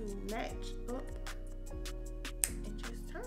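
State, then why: Seated. Someone talks over background music while lining up a new PopSocket pop-out phone grip top with the plastic mount on a MagSafe phone case and twisting it on. A single sharp click at 2.4 s marks the grip seating onto the mount.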